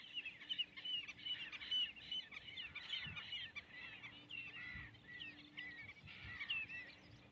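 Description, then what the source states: Common redshank calls, a busy chorus of piping, yelping notes repeated rapidly and overlapping throughout, with a steady low hum underneath. Large numbers calling noisily, flitting around and feeding in shallow lagoons on salt marsh, Ribble Estuary nature reserve, Lancashire, late winter, February, on a warm day.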